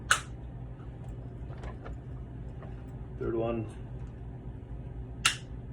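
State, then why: Seated. A third plastic cap is pressed onto a port of a high-frequency oscillator ventilator and snaps into place at 5.3 s, giving a sharp, bright click. Someone talks in the middle of the clip, and an earlier sharp click sounds at 0.1 s.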